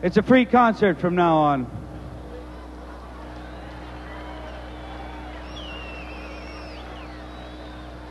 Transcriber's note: soundbite of cheering